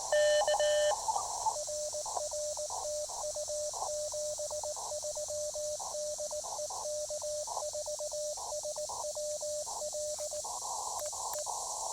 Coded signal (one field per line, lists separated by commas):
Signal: Morse code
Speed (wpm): 19 wpm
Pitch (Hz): 590 Hz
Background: radio noise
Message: K RR TU 73 DE K4SWL EE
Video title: Activation de POTA en français! (Yes, a POTA activation in French. I'll explain...)